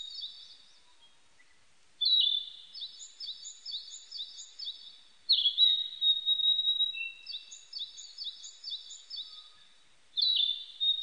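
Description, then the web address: Narcissus flycatcher singing high clear phrases: a sustained whistled note alternating with quick series of short downslurred chirps, with pauses between bursts; no other clear sounds. Recorded 25 April 1998. "1998 980425 kibitaki"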